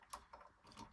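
A bobbin case is pushed into the shuttle race of a Domestic model 1505 sewing machine, giving a few short, light mechanical ticks and rattles. The bobbin case fails to seat because the bobbin has come out of its case, and nothing has seated or clicked yet.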